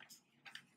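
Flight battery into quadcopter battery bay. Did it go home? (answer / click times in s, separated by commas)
yes / 0.6 s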